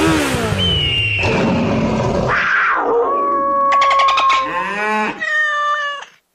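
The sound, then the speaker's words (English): In a Progressive motorcycle insurance radio ad, a sound effects performer's voice loudly imitates riding a motorcycle on the open road, with whining, revving tones that rise and fall, breaking into sputtering, pulsing bursts before a final held whine that cuts off abruptly. “At Progressive, we know there's nothing like the feeling of riding a motorcycle with your crew on the open road.”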